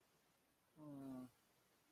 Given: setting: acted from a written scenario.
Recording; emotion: vocal sound without words; neutral